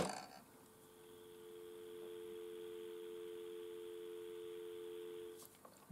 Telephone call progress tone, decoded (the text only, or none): dial tone